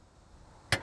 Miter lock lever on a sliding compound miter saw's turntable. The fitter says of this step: you can easily just put it to the degree that you need and then press down like so, and it locks into place.